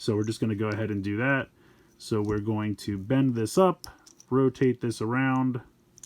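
Someone talks while handling a Transformers Studio Series 86 Core Class Exo-Suit Spike Witwicky action figure, bending its plastic lower-leg piece up and rotating it so its two notches can tab into the leg. Faint, brief handling ticks come right at the end, around 6.0 s. The piece has not yet clicked into place; nothing has seated.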